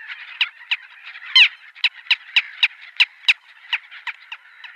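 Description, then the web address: Little gull calls: short, clipped notes repeated at uneven intervals, with one louder, harsher note early on. "Schulze Peter Little Gull"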